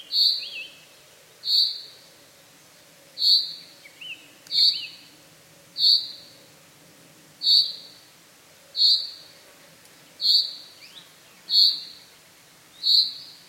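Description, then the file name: Common chaffinch giving short, sharp call notes, repeated steadily, with a few faint softer chirps in between. "Fringilla coelebs"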